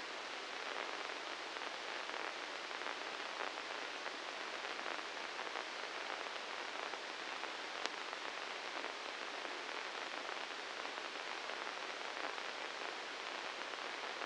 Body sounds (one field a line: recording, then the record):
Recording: brain microelectrode recording played as sound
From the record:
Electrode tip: inside the subthalamic nucleus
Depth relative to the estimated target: -1 mm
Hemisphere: right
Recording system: NeuroSet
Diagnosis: Parkinson's disease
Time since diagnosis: 19 years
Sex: female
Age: 69 years